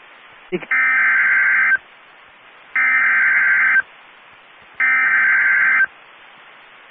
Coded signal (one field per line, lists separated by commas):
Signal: Emergency Alert System (SAME) tones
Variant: header bursts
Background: speech